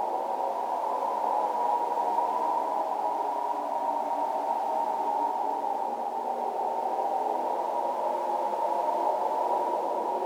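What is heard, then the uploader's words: An other-worldly wind blows in a steady, unbroken wash across the whole stretch. The rush sits in a muffled middle range, with little low rumble and no bright hiss, and swells and dips only slightly, giving a dense, hollow, radio-static quality. Other-Worldly Wind Ambience.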